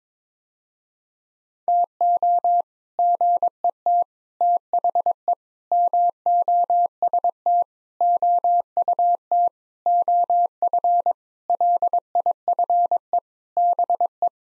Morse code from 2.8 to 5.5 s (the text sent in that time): GET THE